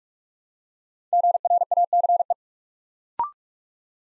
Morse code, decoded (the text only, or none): GRACE